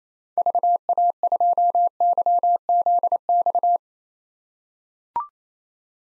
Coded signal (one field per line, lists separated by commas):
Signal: Morse code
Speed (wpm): 28 wpm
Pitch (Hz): 700 Hz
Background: none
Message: VA2YZX